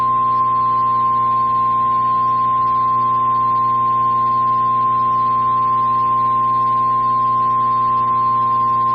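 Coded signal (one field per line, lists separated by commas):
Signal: Emergency Alert System (SAME) tones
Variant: 1050 Hz attention tone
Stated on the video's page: Tornado warning issued by the National Weather Service in Wichita, Kansas.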